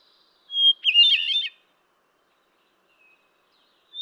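Hermit thrush song: a single phrase opening on a long, pure whistled note, then a fluty, warbling flourish higher up, before the start of another phrase near the end.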